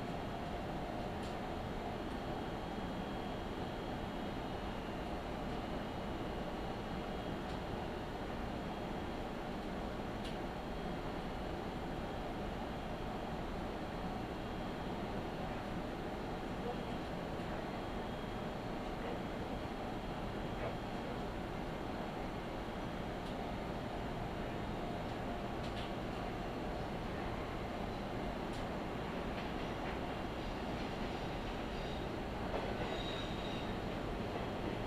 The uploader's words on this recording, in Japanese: 伊豆箱根鉄道 大場→三島 東海道本線 三島→沼津。大場までくると日が西に傾きはじめて予想以上に冷えてきました。